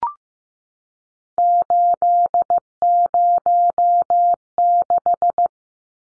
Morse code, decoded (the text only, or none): 806